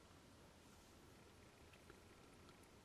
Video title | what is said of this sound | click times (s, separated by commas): Assembly and Review: ScaleTrains.com - Kit Classics HO Evans 5100 RBL | and that wheel just popped out of the truck so we can take a close-up look at that it's | 1.9 s